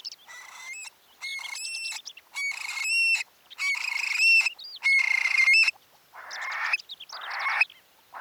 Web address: Eurasian stone curlew. صدای-پرنده-چاخ-لق-اوراسیایی